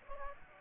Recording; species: mosquito wingbeat signal from an infrared sensor; Aedes aegypti